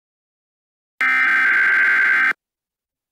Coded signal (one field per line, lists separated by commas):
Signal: Emergency Alert System (SAME) tones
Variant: header bursts